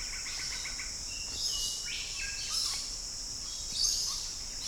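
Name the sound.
cricket chirping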